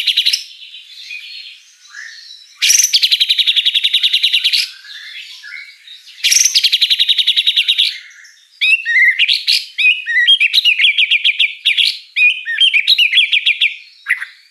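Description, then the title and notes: White-rumped shama song with long buzzy rattling trills of fast repeated notes, broken by varied chattering phrases and quick chirps. Lure song (pancingan), vigorous singing (gacor) with rich fill-in phrases (isian mewah). "Pancingan Gacor Murai Batu Bongkar Isian Mewah. Audio Murai Batu Dongfeng"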